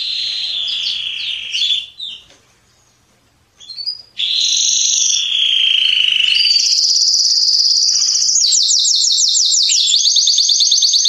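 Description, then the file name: Canary song with rising and falling chirps, a short silence, then long steady rolls that switch to a faster, higher rattling trill. "Canary Voice"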